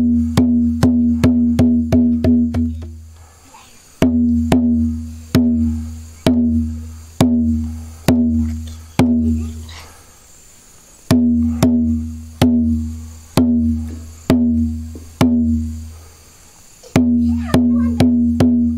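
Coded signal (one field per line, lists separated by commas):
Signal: drum signal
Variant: garamut rhythms on kundu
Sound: resonant hand-drum strokes in several rhythmic runs, some speeding up, with brief pauses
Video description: Various rhythms were used to convey specific messages. Since there is currently no garamut drum in the speaker's village, the speaker instead uses a (much smaller) kundu drum to demonstrate the different rhythms.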